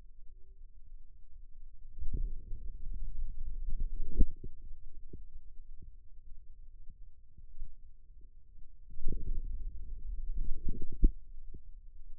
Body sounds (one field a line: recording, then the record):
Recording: forearm muscle sounds (acoustic myography)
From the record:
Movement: wrist flexion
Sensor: system 2, bracelet of six BSWA MPA416 microphones around the upper forearm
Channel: 1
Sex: male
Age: 22 years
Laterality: right